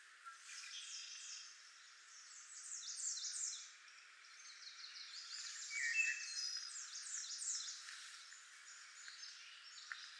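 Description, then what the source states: Wood thrush singing a run of quick, high, fluttering trilled phrases in bursts, with a few lower whistled notes mixed in. Nine songs.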